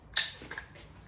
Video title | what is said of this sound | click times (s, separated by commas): Did you clean your AR 15 today? something is better than nothing! #ar15life #guncleaning | And once you hear that click, you know you got it back into place. | 0.2 s